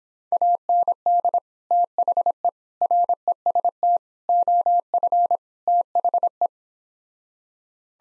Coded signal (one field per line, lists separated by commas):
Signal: Morse code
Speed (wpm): 26 wpm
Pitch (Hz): 700 Hz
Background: none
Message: AND THE REST OF THE